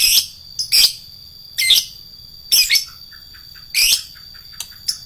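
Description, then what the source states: Lovebird song of repeated harsh, screechy high bursts, with soft short chips between some of them. Adult lovebird kept as a fighter bird.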